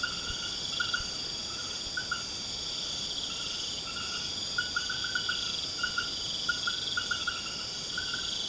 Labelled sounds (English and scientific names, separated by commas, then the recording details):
none
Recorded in pastures near Puerto Asís, Putumayo, Colombia, on 24 March 2025 at 21:30
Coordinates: 0.472, -76.329
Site G074